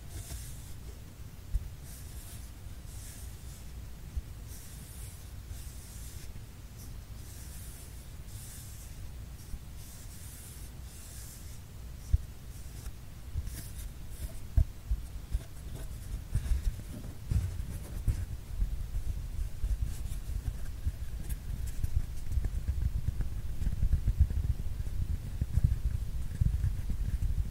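Paper tube sounds as a low, rumbling rustle with faint bright scratches, growing steadily louder and busier over the last half.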